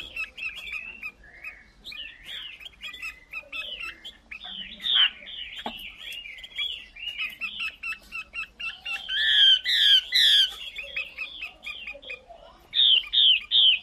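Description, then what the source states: Chinese hwamei song, a long run of loud, varied whistled phrases with slurred rising and falling notes, some repeated in quick series, plus a few harsh notes. Female hwamei singing.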